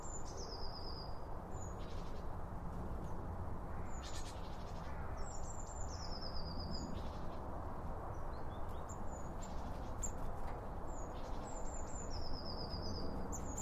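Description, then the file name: Birds chirping: repeated high thin descending twitters and short whistles recurring throughout, over constant low rumbling noise. Birds around a bird feeder, recorded with two Line Audio OM 1 microphones. "Birds Around Birdfeeding With Two Om 1 From Line Audio"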